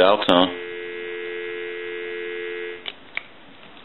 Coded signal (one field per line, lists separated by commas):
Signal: telephone call progress tone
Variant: North America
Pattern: dial tone